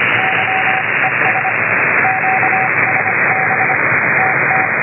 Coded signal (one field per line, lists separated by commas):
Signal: Morse code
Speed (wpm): 25 wpm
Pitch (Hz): 760 Hz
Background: radio noise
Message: YES QSB TT